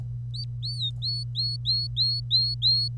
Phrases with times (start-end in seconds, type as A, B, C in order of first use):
0.34-2.97 A